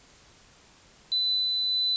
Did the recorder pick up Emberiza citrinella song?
no